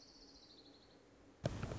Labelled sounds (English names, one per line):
Orange-crowned Warbler